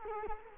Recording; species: mosquito wingbeat signal from an infrared sensor; Culex quinquefasciatus